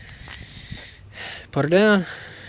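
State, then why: Not seated. A rear seat is being handled into its floor latch in a 1989 Cherokee SUV, after the rear seat cushion's slide pin has been fitted and the hinge latch closed. Someone talks over quiet, faint handling noise. Nothing has seated or clicked yet.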